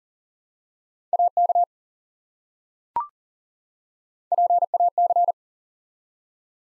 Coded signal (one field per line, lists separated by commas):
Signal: Morse code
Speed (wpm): 42 wpm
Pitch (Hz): 700 Hz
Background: none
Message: AK PAC